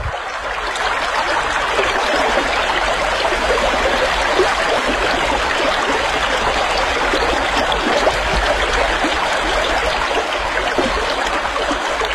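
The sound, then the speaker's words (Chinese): Steady rushing of flowing river water, a dense, even wash of bubbling and splashing that holds a constant loudness throughout with no voices. “他下了河，小心地趟到了对岸。原来河水既不像老牛说的那样浅，也不像松鼠说的那样深。”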